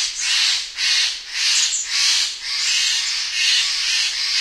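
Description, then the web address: Steller's jay making several loud, grating squawks in quick succession, each note rough and broad. "Songs of Birds of North America Know Your Bird Sounds Common Western Species. Stellers Jay"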